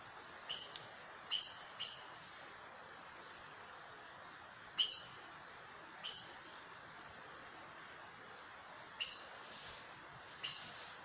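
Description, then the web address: Aracari calling with clipped, high, squeaky notes, some in quick pairs, others spaced by several seconds of quiet hiss. "sound Aracari. دانلود-صدای-پرنده-پرزبان"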